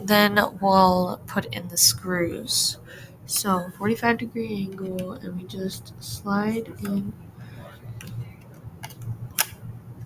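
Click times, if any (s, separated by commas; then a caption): none. An internal module for a Dell 3120 laptop is handled and slid at a 45-degree angle toward the laptop chassis while someone talks. Faint handling sounds and a few small sharp ticks follow the talking. Nothing has seated or clicked home yet.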